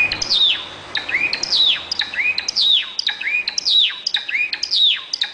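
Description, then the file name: Java sparrow song: continuous chattering phrases of sharp clicks and high, down-hooked whistled notes, repeated throughout. "Canto do Calafate"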